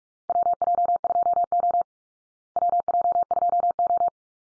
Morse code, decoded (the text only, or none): WJ2O WJ2O